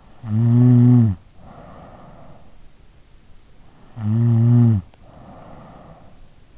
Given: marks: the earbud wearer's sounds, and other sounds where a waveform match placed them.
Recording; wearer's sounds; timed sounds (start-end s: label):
sounds in sleep by an in-ear microphone; snoring breath
0.00-2.86 s: snoring breath
3.80-6.29 s: snoring breath